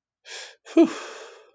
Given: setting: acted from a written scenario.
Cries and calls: vocal sound without words; relief

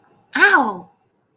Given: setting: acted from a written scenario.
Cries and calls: vocal sound without words; pain

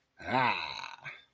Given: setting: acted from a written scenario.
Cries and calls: vocal sound without words; triumph

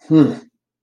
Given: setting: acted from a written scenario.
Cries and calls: vocal sound without words; contempt

